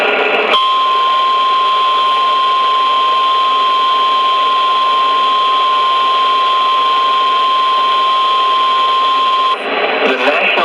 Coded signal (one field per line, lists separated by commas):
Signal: Emergency Alert System (SAME) tones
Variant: 1050 Hz attention tone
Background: speech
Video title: THANKSGIVING DAY EAS Alerts from 11/24/22 (EAS#50 & #58)